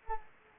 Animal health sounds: mosquito wingbeat signal from an infrared sensor; Anopheles arabiensis

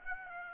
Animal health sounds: mosquito wingbeat signal from an infrared sensor; Aedes aegypti

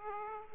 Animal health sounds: mosquito wingbeat signal from an infrared sensor; Aedes aegypti

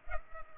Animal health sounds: mosquito wingbeat signal from an infrared sensor; Culex pipiens

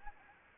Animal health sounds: mosquito wingbeat signal from an infrared sensor; Anopheles gambiae

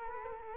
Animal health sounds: mosquito wingbeat signal from an infrared sensor; Culex quinquefasciatus

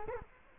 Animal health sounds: mosquito wingbeat signal from an infrared sensor; Culex quinquefasciatus

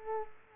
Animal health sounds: mosquito wingbeat signal from an infrared sensor; Culex quinquefasciatus

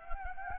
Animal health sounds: mosquito wingbeat signal from an infrared sensor; Anopheles gambiae

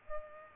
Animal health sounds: mosquito wingbeat signal from an infrared sensor; Culex pipiens

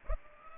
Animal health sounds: mosquito wingbeat signal from an infrared sensor; Culex pipiens

